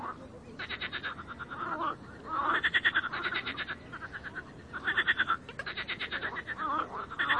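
Frogs give buzzy pulsed croaks in repeated bursts, with a few callers overlapping and short lulls between bouts.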